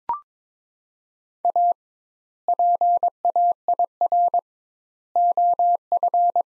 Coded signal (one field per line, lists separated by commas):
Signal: Morse code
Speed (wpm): 22 wpm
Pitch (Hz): 700 Hz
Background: none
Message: A PAIR OF